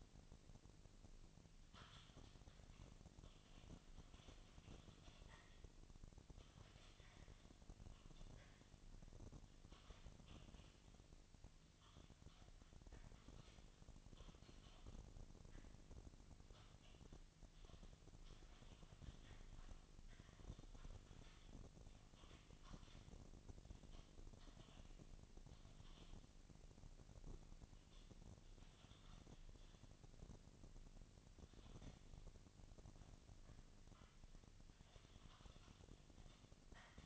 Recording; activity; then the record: daily activity, microphone in the room; typing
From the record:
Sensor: 4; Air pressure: 1000.0 hPa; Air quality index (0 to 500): 230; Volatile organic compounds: 30 ppm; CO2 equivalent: 2967 ppm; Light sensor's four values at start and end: 9/21/8/8 and 9/21/8/8